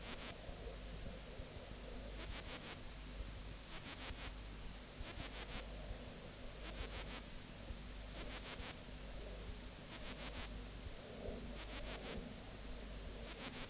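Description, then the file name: Ephippigerida areolaris song: short, high, scratchy chirps repeated every second or so, with a low hum behind. "Ephippigerida areolaris"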